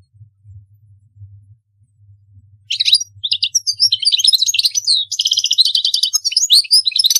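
European goldfinch song starting after a low-humming pause, then a continuous stream of rapid, twittering and buzzing notes to the end.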